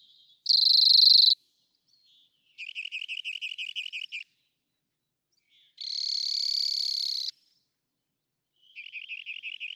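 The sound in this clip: Rock wren song of alternating phrases: a loud harsh buzz, then a fast pulsing trill, another buzz and a second trill.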